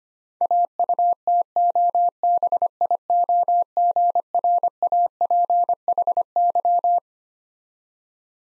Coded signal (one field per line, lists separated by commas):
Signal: Morse code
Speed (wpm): 25 wpm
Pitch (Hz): 700 Hz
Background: none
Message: AUTOBIOGRAPHY